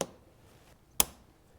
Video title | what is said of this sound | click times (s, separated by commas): 2010-2017 Chevy Traverse Spark Plug Replacement Complete DIY Guide | So I'll put it on up here first until it snaps. | 1.0 s